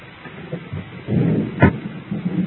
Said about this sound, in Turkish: Amma yağmur yağıyor ha. Maşallah. Kendimi zor attım buraya.